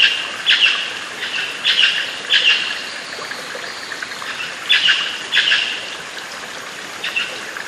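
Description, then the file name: Bird calls: harsh mid-high notes in short bursts, irregularly repeated, over steady background noise. "SABIOD 50 bird 2015"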